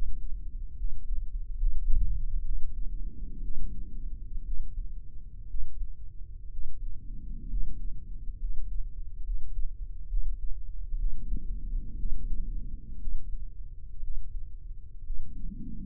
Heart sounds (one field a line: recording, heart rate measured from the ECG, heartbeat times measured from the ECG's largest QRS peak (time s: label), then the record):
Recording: heart sounds by microphone in the right ear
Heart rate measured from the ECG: 63 bpm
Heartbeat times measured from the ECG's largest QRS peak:
0.74 s: heartbeat
1.56 s: heartbeat
2.42 s: heartbeat
3.40 s: heartbeat
4.42 s: heartbeat
5.46 s: heartbeat
6.48 s: heartbeat
7.47 s: heartbeat
8.37 s: heartbeat
9.21 s: heartbeat
10.07 s: heartbeat
10.96 s: heartbeat
11.95 s: heartbeat
12.97 s: heartbeat
14.00 s: heartbeat
15.02 s: heartbeat
From the record:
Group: healthy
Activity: rest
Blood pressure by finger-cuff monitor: 123/71 mmHg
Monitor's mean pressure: 87 mmHg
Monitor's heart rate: 61 bpm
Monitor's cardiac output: 7.3 L/min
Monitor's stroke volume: 115 mL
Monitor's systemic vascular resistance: 890 dyn s/cm5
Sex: male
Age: 23 years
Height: 178 cm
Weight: 96.6 kg